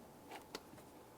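A rubber spark plug wire boot, greased with dielectric grease, is pushed onto the spark plug terminal of a spark plug in the engine of a 2002–2005 Ford Explorer. After a soft, brief rustle near 0.3 s, a sharp click sounds at 0.6 s as the boot seats on the plug.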